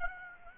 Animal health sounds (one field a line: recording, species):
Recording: mosquito wingbeat signal from an infrared sensor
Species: Aedes aegypti